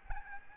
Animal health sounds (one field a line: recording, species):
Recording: mosquito wingbeat signal from an infrared sensor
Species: Aedes albopictus